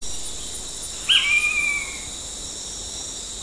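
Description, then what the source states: Blue-headed pitta giving a single clear whistle, held fairly level and fading slightly downward after a sharp start, over a steady high hiss of insects. Recorded at Danum on 9 August 2009.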